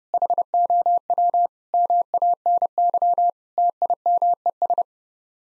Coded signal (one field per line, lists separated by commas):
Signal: Morse code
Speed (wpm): 30 wpm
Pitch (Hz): 700 Hz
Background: none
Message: HOW MANY TIMES